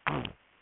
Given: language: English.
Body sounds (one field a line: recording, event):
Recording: throat vibration sensor signal played as sound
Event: throat clearing